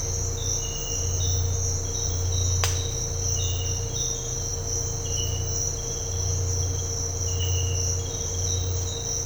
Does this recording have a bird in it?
no